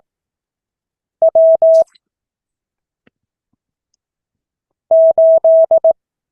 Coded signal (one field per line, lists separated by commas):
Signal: Morse code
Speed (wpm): 18 wpm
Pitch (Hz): 650 Hz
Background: none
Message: W 8